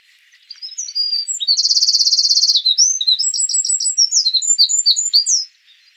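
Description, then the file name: Eurasian wren song, a loud, high, rapid outpouring of sharp notes with a long fast rattling trill early on, then varied quick chirps, lasting about five seconds. "Troglodytes troglodytes"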